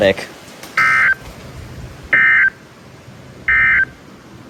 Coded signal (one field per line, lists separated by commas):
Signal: Emergency Alert System (SAME) tones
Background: speech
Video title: Just a few alerts (EAS 299-325)